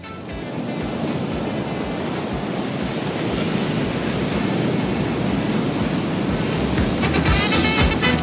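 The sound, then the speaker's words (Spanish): Sea waves roar steadily, a dense, continuous wash of surf that stays loud and unbroken throughout with a slight surge toward the end. No voices. “El mar.”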